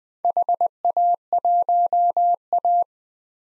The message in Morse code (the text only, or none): HA1A